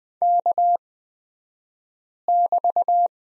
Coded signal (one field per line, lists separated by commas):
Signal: Morse code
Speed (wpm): 20 wpm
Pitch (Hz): 700 Hz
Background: none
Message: K<BT>